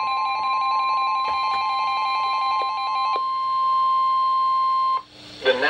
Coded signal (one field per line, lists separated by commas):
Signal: Emergency Alert System (SAME) tones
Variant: 1050 Hz attention tone